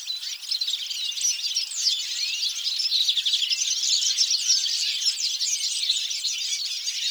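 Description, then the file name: European goldfinch twittering, rapid tinkling notes tumbling over one another in an unbroken high chatter. "Carduelis carduelis"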